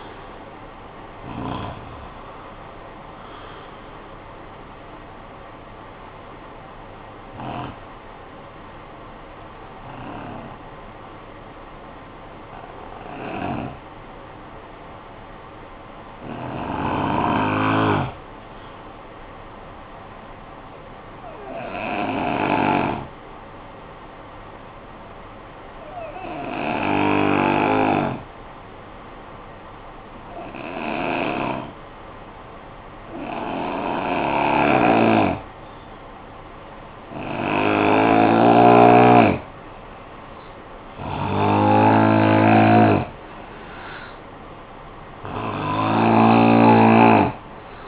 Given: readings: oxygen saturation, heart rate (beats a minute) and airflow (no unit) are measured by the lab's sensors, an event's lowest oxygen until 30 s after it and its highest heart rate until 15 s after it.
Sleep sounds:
breathing in sleep by a voice recorder at the bedside; 1
22.00-41.30 s: hypopnea (N2, oxygen 96% highest, then 83% lowest, heart rate 52 at the start, 62 highest)
24.00-47.88 s: new sleep stage, N3 (deep sleep)
From the record:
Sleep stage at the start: N2 (light sleep); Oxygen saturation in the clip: 81 to 96%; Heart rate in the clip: 46 to 73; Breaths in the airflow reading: 12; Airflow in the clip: -6.9 to 8.5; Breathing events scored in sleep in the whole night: 445 in 7.6 hours asleep

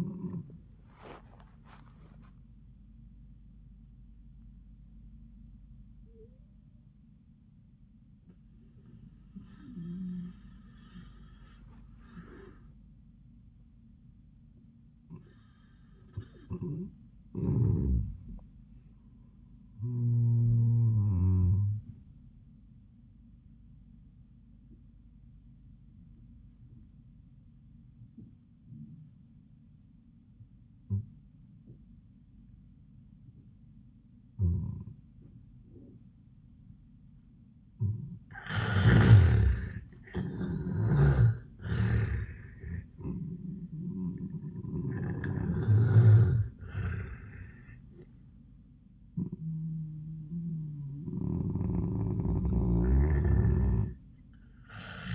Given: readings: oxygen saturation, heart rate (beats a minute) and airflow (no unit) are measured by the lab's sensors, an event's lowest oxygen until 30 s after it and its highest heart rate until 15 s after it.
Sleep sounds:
breathing in sleep by a smartphone at the bedside; 1
23.00-39.00 s: obstructive apnea (N1, oxygen 98% highest, then 78% lowest, heart rate 74 at the start, 97 highest)
From the record:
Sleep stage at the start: N1 (lightest sleep); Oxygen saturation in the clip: 78 to 98%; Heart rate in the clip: 74 to 104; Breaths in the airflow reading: 5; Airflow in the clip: -22.8 to 17.9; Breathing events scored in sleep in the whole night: 400 in 8.7 hours asleep

